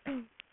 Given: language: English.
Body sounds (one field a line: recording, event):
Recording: throat vibration sensor signal played as sound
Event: throat clearing